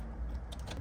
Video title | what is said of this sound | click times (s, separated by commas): Apple Carplay / Android Auto for Toyota Land Cruiser 200 series | There we go, and lock it in place. | 0.5 s